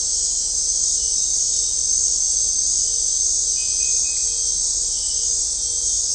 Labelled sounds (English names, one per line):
none